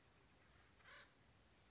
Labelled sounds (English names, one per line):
Acorn Woodpecker